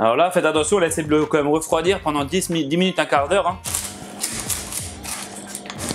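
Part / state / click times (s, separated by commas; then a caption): springform pan ring clasp on its base / released / 5.7 s. Someone talks, then opens the clasp on the metal ring of a springform cake pan sitting on its base to unmold the cake. The latch gives a sharp click at 5.7 s, releasing the ring so it can come off.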